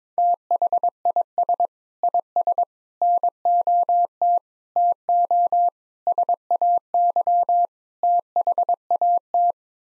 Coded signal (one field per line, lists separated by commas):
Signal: Morse code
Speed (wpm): 22 wpm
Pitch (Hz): 700 Hz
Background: none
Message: THIS IS NOT TO SAY THAT